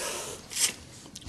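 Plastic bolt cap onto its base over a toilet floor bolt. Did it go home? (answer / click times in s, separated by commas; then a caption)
yes / 1.2 s. A plastic toilet bolt cap is pressed down over its base on a toilet floor bolt, with breathy, hissing rustles and a louder burst of hiss around 0.6 seconds. A short, sharp snap at 1.2 seconds marks the cap seating into place.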